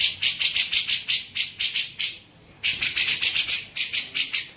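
Grey-cheeked bulbul making scratchy, buzzy notes in a quick repeated series, stopping for about half a second before starting again at the same pace.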